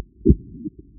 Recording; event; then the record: neck accelerometer signal played as sound; voluntary cough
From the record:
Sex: male